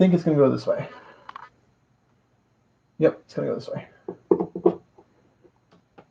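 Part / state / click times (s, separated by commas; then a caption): 24-pin power cable connector into motherboard socket / seated / 4.3 s. A plastic 24-pin ATX power cable connector is pressed into the motherboard socket while someone talks. Its latch clicks at 4.3 s, showing it is seated. A few faint taps follow.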